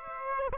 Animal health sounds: mosquito wingbeat signal from an infrared sensor; Aedes aegypti

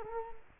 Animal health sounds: mosquito wingbeat signal from an infrared sensor; Culex quinquefasciatus

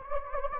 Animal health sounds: mosquito wingbeat signal from an infrared sensor; Anopheles gambiae

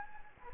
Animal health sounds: mosquito wingbeat signal from an infrared sensor; Anopheles gambiae

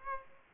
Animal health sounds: mosquito wingbeat signal from an infrared sensor; Aedes aegypti

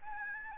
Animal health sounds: mosquito wingbeat signal from an infrared sensor; Aedes albopictus

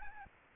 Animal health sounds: mosquito wingbeat signal from an infrared sensor; Aedes albopictus

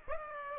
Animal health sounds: mosquito wingbeat signal from an infrared sensor; Aedes aegypti

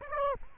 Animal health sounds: mosquito wingbeat signal from an infrared sensor; Aedes aegypti

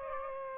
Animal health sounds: mosquito wingbeat signal from an infrared sensor; Aedes aegypti

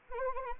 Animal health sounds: mosquito wingbeat signal from an infrared sensor; Anopheles arabiensis

